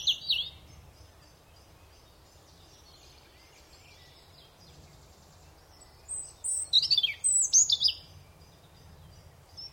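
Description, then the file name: European robin song: a brief high twitter at the start, a long quiet gap, then a thin, high, tumbling phrase of sharp notes in the last few seconds. "Erithacus rubecula"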